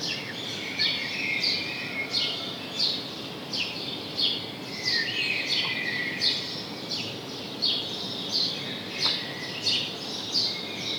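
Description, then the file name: House sparrow chirps, short bright notes repeated steadily, with a steady background hiss. "Passer domesticus"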